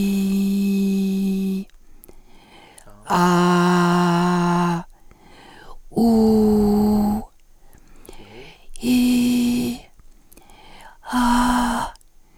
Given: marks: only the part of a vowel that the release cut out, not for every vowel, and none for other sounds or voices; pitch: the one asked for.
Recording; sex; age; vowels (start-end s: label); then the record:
sustained vowels; female; 50 to 59 years
0.00-0.97 s: vowel /i/, normal pitch
3.21-4.63 s: vowel /a/, normal pitch
6.15-6.93 s: vowel /u/, normal pitch
8.97-9.68 s: vowel /i/, high pitch
11.23-11.80 s: vowel /a/, high pitch
From the record:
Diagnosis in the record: recurrent laryngeal nerve paralysis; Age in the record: 55 years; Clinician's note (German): Doppelseitige bei Zustand nach Lateralfixation und Arytenoidektomie mit noch unvollständiger supraglottischer Kompensation